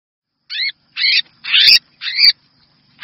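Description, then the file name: Red-whiskered bulbul calling four harsh, rasping, scratchy notes about every half second. Distress call; the bird is calling for help. "Tieng chao mao keu cuu"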